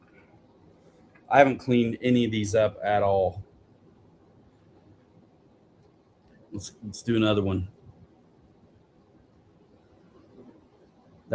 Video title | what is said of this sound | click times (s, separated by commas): RC 3D Fab Factory after dark | That one didn't click, but it fits. | none